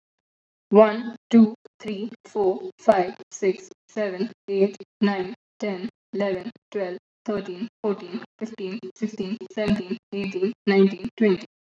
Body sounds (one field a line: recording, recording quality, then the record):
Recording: counting at a normal pace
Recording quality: excellent, no background noise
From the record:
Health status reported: recovered from COVID-19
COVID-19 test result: positive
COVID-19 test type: RT-PCR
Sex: female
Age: 26 years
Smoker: no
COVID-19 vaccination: both doses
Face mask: not worn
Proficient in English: yes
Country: India